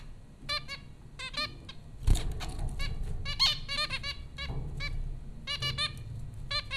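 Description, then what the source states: Zebra finch calls, nasal honking beeps given singly and in quick bursts, with a clatter near two seconds and steady low hum beneath. Four zebra finches recorded at Popcorn School, Flatbush, Brooklyn, New York, on April 15, 2009.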